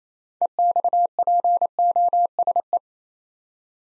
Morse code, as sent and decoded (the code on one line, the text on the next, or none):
. -..- .--. --- ... .
EXPOSE